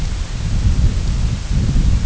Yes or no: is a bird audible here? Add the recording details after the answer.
no. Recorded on Arctic tundra, site IGLO-F, on 22 June 2018. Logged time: 02:00